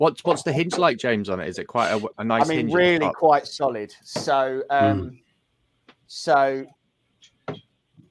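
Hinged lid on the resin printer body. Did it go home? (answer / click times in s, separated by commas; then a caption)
yes / 7.5 s. Someone talks about the hinged lid on the resin printer body, which sits on metal hinges with a single rod. After a pause, a faint tap comes at 5.9 s. The lid is opened to full extension and locks there with a sharp knock at 7.5 s, locking only at full extension.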